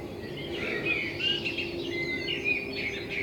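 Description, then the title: Common blackbird giving short whistled and warbled notes, several clear pure tones, over a low continuous hum. Recorded in front of the recordist's window with a homemade binaural dummy head, intended for headphone listening. "Kunstkopfaufnahme der Amsel vor meinem Fenster"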